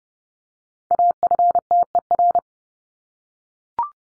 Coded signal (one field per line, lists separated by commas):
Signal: Morse code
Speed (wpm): 30 wpm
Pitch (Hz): 700 Hz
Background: none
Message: AFTER